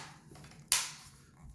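A loose plastic glasses spacer is pushed back into an Oculus Quest 2 VR headset and snaps into place with a single sharp click at 0.7 s, which rings off briefly over a quiet background. The spacer is seated.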